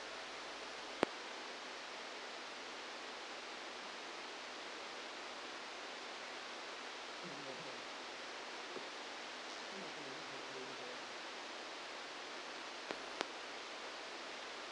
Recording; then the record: brain microelectrode recording played as sound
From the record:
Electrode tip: outside the subthalamic nucleus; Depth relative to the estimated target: -4 mm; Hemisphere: left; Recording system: NeuroSet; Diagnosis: Parkinson's disease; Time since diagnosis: 10 years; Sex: male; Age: 63 years